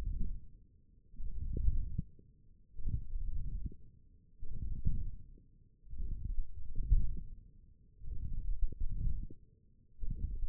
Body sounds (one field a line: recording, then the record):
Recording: forearm muscle sounds (acoustic myography)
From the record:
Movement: hand closing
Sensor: system 1, eight BSWA MPA416 microphones around the upper forearm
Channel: 3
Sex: female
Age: 21 years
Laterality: right